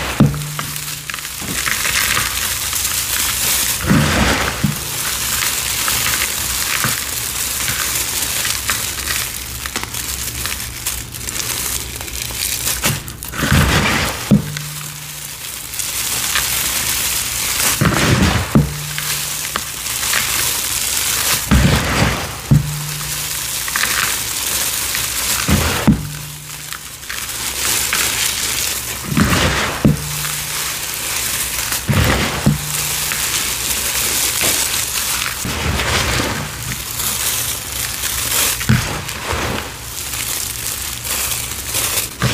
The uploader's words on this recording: ASMR gym chalk and cornstarch crushing, powder play, pouring, mixing, and reforming soothing sounds.